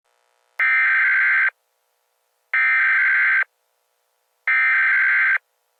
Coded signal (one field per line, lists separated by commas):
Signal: Emergency Alert System (SAME) tones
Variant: header bursts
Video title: EAS scenario: San Andrea Fault line Crisis